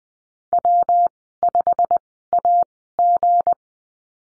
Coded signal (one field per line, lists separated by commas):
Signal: Morse code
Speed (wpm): 20 wpm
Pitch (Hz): 700 Hz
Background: none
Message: W5AG